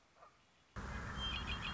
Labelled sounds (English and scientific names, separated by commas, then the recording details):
Red-winged Blackbird (Agelaius phoeniceus)
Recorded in Sonoma County, California